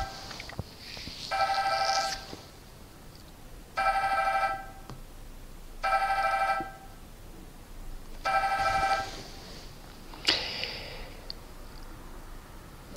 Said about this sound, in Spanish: Perdonad que suene el teléfono, pero cuando he empezado esta charla me he dado cuenta de que no había apagado el móvil. Así que con paciencia vamos a esperar a que acabe de sonar.